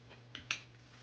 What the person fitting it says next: Once you hear that little click, that means it's secure.